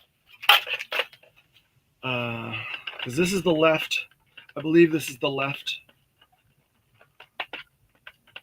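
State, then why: Not seated. A left plastic wing part is handled against a toy jet body, with light plastic taps and rattles near the start and a few faint ticks toward the end. Someone talks in the middle. Nothing has seated or clicked yet by the end.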